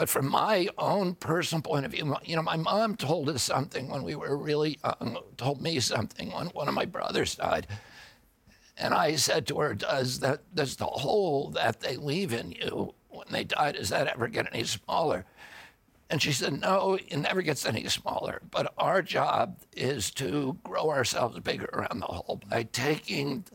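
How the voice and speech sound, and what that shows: An adult man speaks in a tight, strained, rough and creaky, gravelly voice, with choppy voicing and effortful word starts between otherwise connected phrases. This is spasmodic dysphonia, a neurological disorder in which the vocal cords involuntarily clamp tight. It began at age 42 after an injury, and surgery about eight months earlier made the voice more reliable. The voice grows stronger, not weaker, with use.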